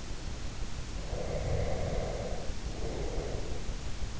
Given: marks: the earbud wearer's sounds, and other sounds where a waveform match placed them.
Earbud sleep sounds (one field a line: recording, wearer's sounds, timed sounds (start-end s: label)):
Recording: sounds in sleep by an in-ear microphone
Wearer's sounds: breath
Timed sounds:
1.07-3.80 s: breath